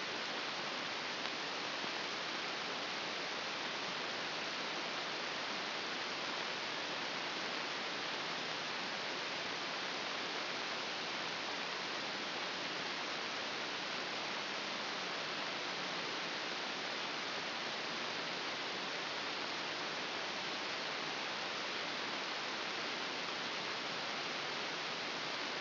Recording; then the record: brain microelectrode recording played as sound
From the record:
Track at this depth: inside the subthalamic nucleus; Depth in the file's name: 6.109 mm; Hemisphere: left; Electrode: 2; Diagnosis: Parkinson's disease